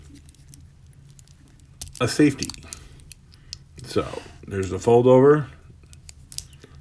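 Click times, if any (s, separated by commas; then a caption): 6.3 s, 6.4 s. Someone talks while closing the fold-over clasp on a metal watch bracelet, with small handling ticks along the way. They then press the clasp's safety catch closed, and it clicks shut in place at 6.3 and 6.4 seconds.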